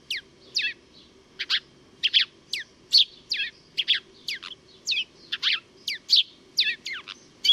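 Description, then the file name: House sparrow chirping steadily in a rapid series of bright, sharp chirps, some slurred downward, over a faint low hum. "Passer domesticus"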